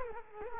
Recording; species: mosquito wingbeat signal from an infrared sensor; Culex quinquefasciatus